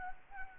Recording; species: mosquito wingbeat signal from an infrared sensor; Anopheles arabiensis